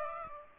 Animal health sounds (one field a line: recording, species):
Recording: mosquito wingbeat signal from an infrared sensor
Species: Aedes aegypti